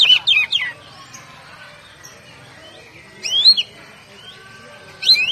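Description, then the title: Oriental magpie-robin song: three bursts of sharp, sweeping whistled notes with quiet pauses between. "Kacer"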